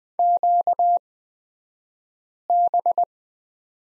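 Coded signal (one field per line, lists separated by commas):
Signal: Morse code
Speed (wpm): 20 wpm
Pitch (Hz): 700 Hz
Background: none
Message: QB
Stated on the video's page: Morse code course lesson on the letter Q at Farnsworth speed of 20/10 wpm.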